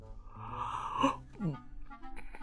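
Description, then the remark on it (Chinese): A voice imitates a stifled, secretive yawn in a quiet office: a drawn-out, breathy voiced tone swells, then slides down into a short falling sigh, followed by a few soft murmured sounds. “但好景不长，安静的办公室突然响起了一声隐秘的哈欠。”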